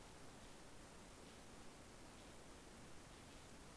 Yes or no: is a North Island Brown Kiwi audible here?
no